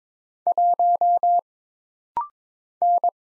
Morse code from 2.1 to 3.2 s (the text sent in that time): N